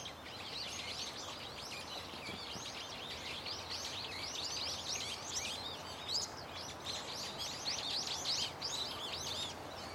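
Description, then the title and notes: Birds chorusing nonstop, layered high chirps and twitters pouring out irregularly, constant over a soft background hiss. Many birds calling loudly and continuously from a tetrapod breakwater belt and its trees; recorded with microphone and camera. "テトラ帯とその木々から、けたたましいほどのの鳥たちの鳴き声が・・・！"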